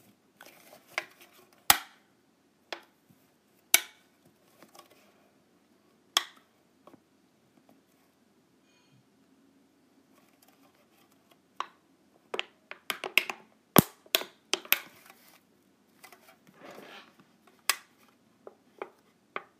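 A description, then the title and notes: Sharp, dry clicks from clips being snapped and handled. The clicks come irregularly, sparse at first, pausing around the middle, then clustering more densely after twelve seconds, with soft rustling between them. ASMR Clipping my Clips.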